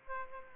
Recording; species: mosquito wingbeat signal from an infrared sensor; Aedes aegypti